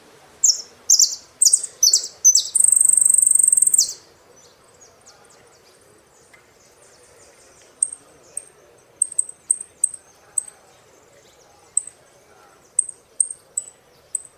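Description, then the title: Saffron finch song: buzzy phrases ending in a long rattling trill, then a series of short high chirps. "Jilguero Argentino"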